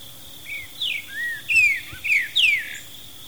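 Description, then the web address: Streaked saltator song: several loud whistled notes, arching and sweeping downward, spaced unevenly, with a faint insect drone behind. Ecuador. "S America Birds of Ecuador. Streaked Saltator"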